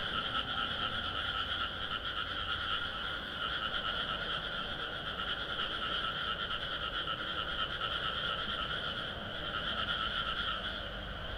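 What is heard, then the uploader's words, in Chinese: Nature sounds from fields around a house: a dense, unbroken chorus of frogs croaking and trilling, with many voices overlapping at a steady, fairly high pitch. The level stays even for the whole stretch, over a soft low murmur underneath. 深夜兩點在酸菜的故鄉_雲林大埤鄉。因為朋友家位處於田地周圍,車輛稀少,所以躺在床上就能聽見來自大自然的聲音。幾乎沒有其他聲音的干擾。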